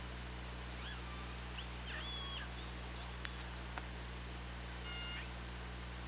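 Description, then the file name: Killer whale calls: short tonal calls with stacked harmonics in two bursts, a few sharp clicks between them, over a steady low hum. Hydrophone recording at OrcaLab, 24 August 2017, 15:55:35. "Orca Lab UTLN JASON 20170824 155535"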